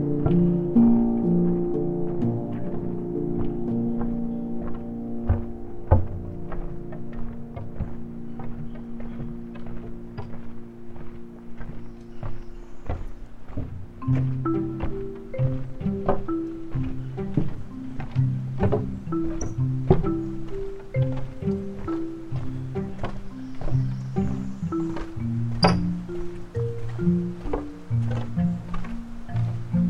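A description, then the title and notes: Footsteps thud steadily along a wooden swamp boardwalk, a low layered hum beneath, with occasional faint high chirps from wildlife. Corkscrew Swamp Sanctuary, just outside of Naples Florida. The Corkscrew Swamp Sanctuary boardwalk leads visitors through a gentle and pristine wetland wilderness.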